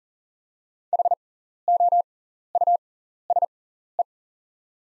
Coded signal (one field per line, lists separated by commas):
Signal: Morse code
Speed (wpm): 40 wpm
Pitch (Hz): 700 Hz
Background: none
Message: HOUSE